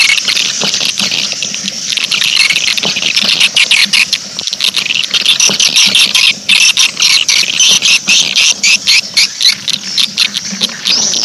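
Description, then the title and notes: Swiftlets twittering in a busy chorus, rapid shrill chirps running together without pause over a soft steady low hum. Swiftlet farming sound from Asia. "Swiflet Bird Sound. Farming Swiflet Bird asia sound"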